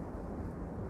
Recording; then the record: background sound without coughing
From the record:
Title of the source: Train Ride Ambience ambient white noise for sleeping, focus, studying, reading